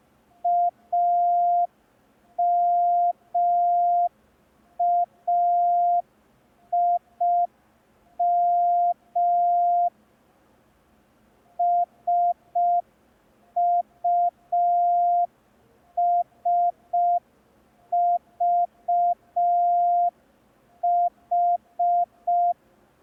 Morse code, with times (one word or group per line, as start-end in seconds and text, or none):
0.4-9.9 AMAIM
11.6-22.5 SUSVH